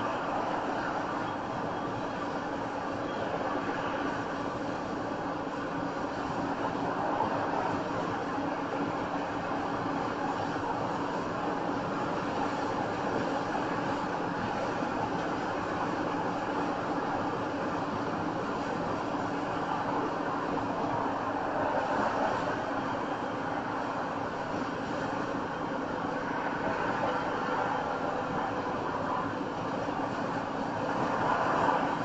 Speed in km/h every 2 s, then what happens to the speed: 106, 108, 106, 108, 108, 108, 109, 109, 109, 108, 106, 105, 103, 103, 103, 105.
0-32 steady at about 106.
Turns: none.